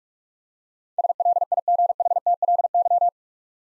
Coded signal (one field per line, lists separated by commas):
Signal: Morse code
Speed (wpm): 46 wpm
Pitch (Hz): 700 Hz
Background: none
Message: SLIGHTLY